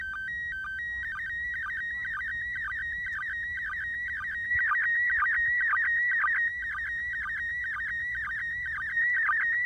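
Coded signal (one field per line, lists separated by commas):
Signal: SSTV (slow-scan television)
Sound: warbling tone around 2 kHz with rhythmic short low blips, about two per second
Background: low hum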